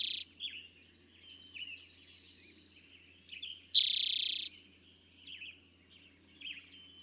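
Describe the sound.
Eastern towhee singing a clipped note and a rich buzzy trill near the middle, after the tail of an earlier trill, with other birds calling softly around it.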